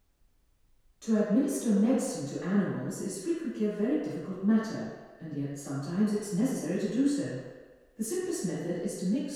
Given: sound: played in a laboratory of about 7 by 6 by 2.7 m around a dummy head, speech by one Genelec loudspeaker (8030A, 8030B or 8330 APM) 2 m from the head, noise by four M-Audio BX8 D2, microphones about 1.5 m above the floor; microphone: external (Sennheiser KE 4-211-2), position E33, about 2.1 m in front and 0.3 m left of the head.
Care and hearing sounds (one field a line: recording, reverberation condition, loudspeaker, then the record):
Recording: female speech in English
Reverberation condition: high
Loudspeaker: 90 degrees to the right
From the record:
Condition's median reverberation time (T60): about 1300 ms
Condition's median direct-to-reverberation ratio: about -4.0 dB